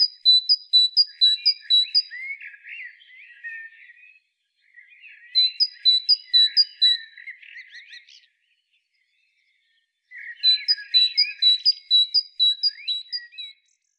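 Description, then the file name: Great tit calls in three bouts, each a quick string of high sharp two-note pips over lower harsh chattering, with short silences between bouts. "Parus major"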